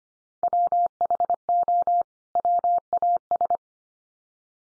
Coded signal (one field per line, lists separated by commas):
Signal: Morse code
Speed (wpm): 25 wpm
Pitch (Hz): 700 Hz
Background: none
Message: WHO WAS